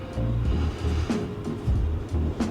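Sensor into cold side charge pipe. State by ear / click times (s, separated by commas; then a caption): not seated / none. A sensor is being handled as it is reinstalled into the aluminum cold-side charge pipe of a CVF Titan V2 intercooler piping kit on a Ford F150 PowerBoost. A steady low hum with rhythmic low-frequency pulses runs throughout, with a brief sharp sound at 2.4 s. Nothing has seated or clicked yet.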